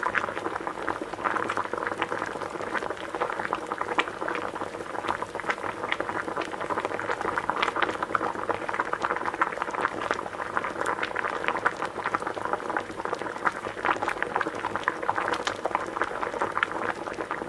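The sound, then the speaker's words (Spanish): Water in a large cauldron over a fire in a fireplace churns at a steady rolling boil, a dense, continuous bubbling and popping with irregular crackles throughout, holding an even loudness from start to finish with no voices. “Y así, cuando el lobo cayó por la chimenea, el agua ya estaba hirviendo”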